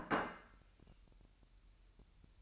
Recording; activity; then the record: daily activity, microphone in the room; place plate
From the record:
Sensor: 2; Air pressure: 1001.9 hPa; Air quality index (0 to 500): 248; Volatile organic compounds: 39 ppm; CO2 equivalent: 3140 ppm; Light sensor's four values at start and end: 8/28/11/10 and 8/28/11/10